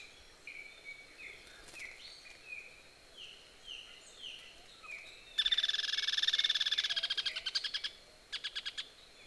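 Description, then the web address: Striated softtail calling, with faint thin slurred notes first, then a loud, fast, dense rattling trill, and a brief final burst. Male. "Striated softtail. صدای-پرنده-نر-دم-راه-راه"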